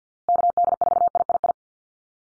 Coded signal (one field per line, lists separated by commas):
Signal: Morse code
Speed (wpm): 50 wpm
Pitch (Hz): 700 Hz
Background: none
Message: KD4III